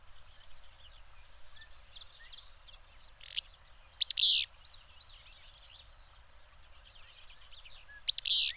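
Bird repeats harsh phrases of clipped high notes and rasping buzzes at irregular gaps, against a steady backdrop of soft chirping.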